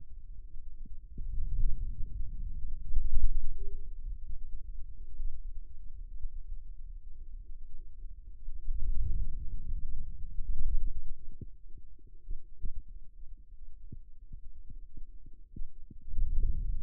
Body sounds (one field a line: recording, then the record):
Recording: forearm muscle sounds (acoustic myography)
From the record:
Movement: ulnar deviation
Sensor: system 2, bracelet of six BSWA MPA416 microphones around the upper forearm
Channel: 3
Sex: male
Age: 22 years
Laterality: right